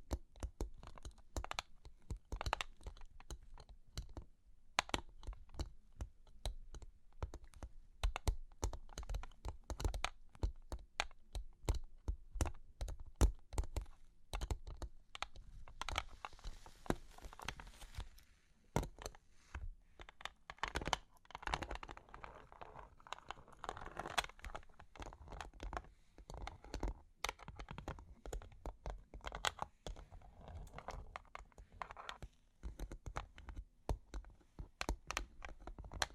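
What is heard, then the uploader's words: Long claws tap and scratch in a dense, irregular stream of sharp clicks that runs the whole time. Around the middle the taps loosen briefly and softer scraping fills in, with a faint murmur beneath, before the quick clicking picks up again. Long Claws Tapping and Scratching (No Talking).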